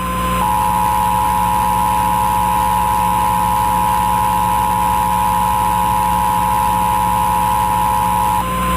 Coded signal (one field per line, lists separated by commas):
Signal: Emergency Alert System (SAME) tones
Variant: 853 and 960 Hz attention tone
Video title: (Test video) EAS Mini-Scenario: Derby Disaster NIC Message